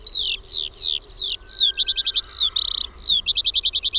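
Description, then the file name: Eurasian skylark song: a fast run of high, descending whistled slurs broken by bursts of rapid trilled notes, all packed into a few seconds. "KIURU"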